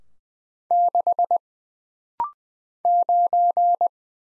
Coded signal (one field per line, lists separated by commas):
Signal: Morse code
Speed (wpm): 20 wpm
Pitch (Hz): 700 Hz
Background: none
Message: 6 9